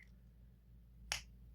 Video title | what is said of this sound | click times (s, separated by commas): The ULTIMATE Fragrance Lid Tournament - Testing Fragrance Lids on Strength, Appearance, Durability! | No, it just slots into place. Okay, so that noise you heard then just the phrase hitting in there. Doesn't click, | none